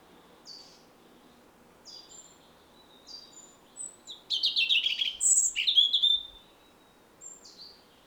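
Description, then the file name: European robin song: soft, high, thin whistled notes spaced about a second apart, then a loud burst of fast, tumbling warbles and trills. "Erithacus rubecula"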